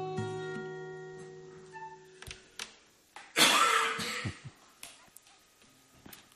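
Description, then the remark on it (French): A single loud, harsh cough bursts out after a few seconds of faint sustained tones, followed by a couple of quieter short rasping sounds as it settles. “Ah bah oh là, t'as eu une envie de tousser.”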